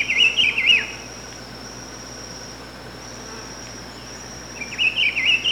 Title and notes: Áudio do pio do pitiguari. Fonte: WikiAves